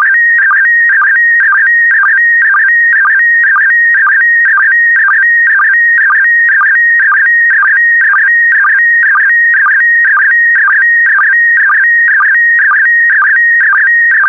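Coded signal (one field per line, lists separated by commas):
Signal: SSTV (slow-scan television)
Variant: PD120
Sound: warbling tone around 1.5-2.3 kHz with a low blip about twice a second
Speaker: The next image transmission will start in 10 seconds.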